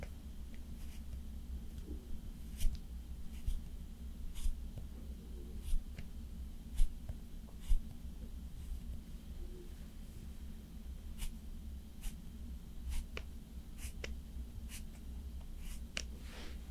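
Slow makeup application, with soft brushing and tapping sounds over a steady low hum. Short, sharp clicks and taps arrive every second or so, a few louder near the seven- and eight-second marks, with faint rustling between them.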